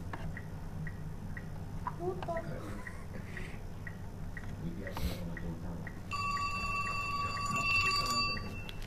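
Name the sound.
telephone ringing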